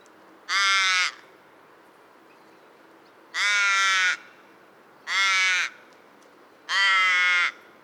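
Bird uttering loud, grating caws, four long rough calls at uneven intervals with silence between them.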